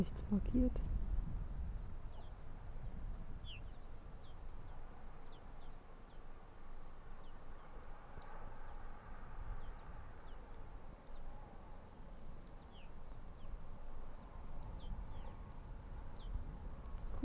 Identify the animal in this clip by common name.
Arctic Fox